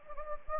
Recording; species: mosquito wingbeat signal from an infrared sensor; Anopheles gambiae